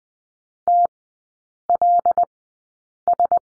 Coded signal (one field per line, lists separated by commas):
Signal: Morse code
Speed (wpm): 20 wpm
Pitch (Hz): 700 Hz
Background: none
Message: TLS